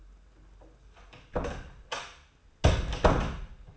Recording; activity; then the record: daily activity, microphone in the room; close door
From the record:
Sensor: 2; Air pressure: 1015.1 hPa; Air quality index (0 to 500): 173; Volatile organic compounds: 10 ppm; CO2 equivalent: 2249 ppm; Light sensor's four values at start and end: 13/36/14/16 and 13/36/14/16